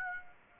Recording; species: mosquito wingbeat signal from an infrared sensor; Aedes aegypti